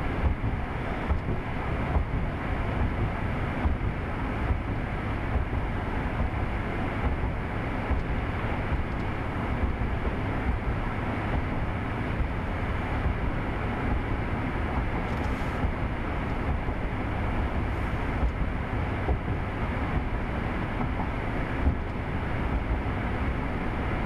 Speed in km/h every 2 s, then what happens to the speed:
77, 77, 76, 76, 76, 76, 76, 74, 76, 76, 76, 77.
0-24 steady at about 76.